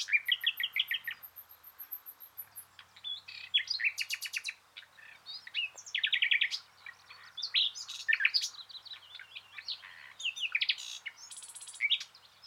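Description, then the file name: Common nightingale song beginning with a thin high repeated note, followed by a long sequence of varied trills, chirps and buzzy rattles. "Luscinia megarhynchos"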